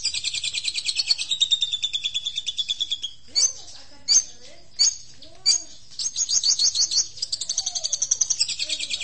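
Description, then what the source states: Long-tailed shrike song: rapid rattling trill sliding downward, a few loud harsh bursts, then a fast high trill resumes. Champion singing bird; song.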